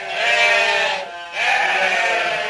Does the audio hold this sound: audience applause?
no